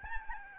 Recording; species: mosquito wingbeat signal from an infrared sensor; Aedes albopictus